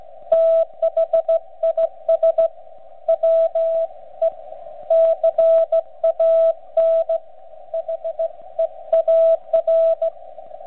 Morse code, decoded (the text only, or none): THIS WE CAN HEAR